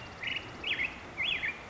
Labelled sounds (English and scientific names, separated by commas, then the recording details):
Black-headed Grosbeak (Pheucticus melanocephalus)
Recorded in Sonoma County, California